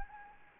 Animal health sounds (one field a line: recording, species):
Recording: mosquito wingbeat signal from an infrared sensor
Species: Anopheles gambiae